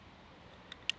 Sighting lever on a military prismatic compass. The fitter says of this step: as you push down that clicks into place